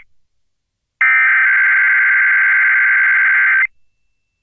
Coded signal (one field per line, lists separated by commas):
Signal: Emergency Alert System (SAME) tones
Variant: header bursts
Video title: The Day That Nevada Tested Late (EAS #13371-13380) 9/28/23